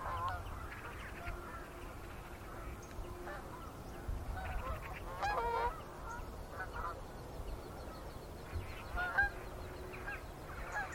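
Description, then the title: Goose: geese honking in scattered bursts, several overlapping nasal calls from a flock, with a steady low rumble underneath. Gaggles of geese in fields by the River Thame, England, UK, morning of 23 September 2023, excited by the amount of water across flooded meadows. "Gaggles of geese, River Thame, England, UK on 23rd September 2023 – by Paul Ridout"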